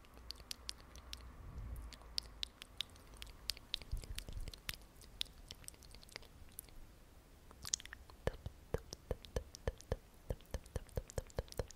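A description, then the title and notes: Crisp mouth sounds: sharp clicks and ticks spaced irregularly at first, then falling into a quicker, more regular pattern after about eight seconds. A soft rustle of brushing drifts under the opening seconds, and the background stays quiet. ASMR Mouth Sounds (sk, tico, stipple...) and Brushing your Face.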